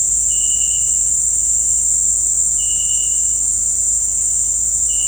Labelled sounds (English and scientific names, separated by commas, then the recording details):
none
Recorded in dense forest near Puerto Asís, Putumayo, Colombia, on 21 December 2024 at 18:00
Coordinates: 0.481, -76.323
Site G100